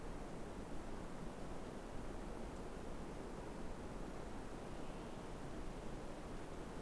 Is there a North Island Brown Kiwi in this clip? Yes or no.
no